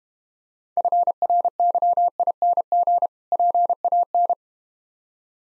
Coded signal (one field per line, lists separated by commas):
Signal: Morse code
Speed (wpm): 32 wpm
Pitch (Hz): 700 Hz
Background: none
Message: FRYING PAN